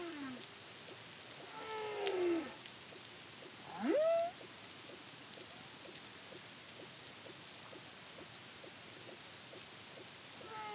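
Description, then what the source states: Humpback whale song: a harmonic falling moan then a sharp upswept whoop early on, followed by quiet hiss with faint clicks. Song; Caribbean, CARIMAM project, 2023.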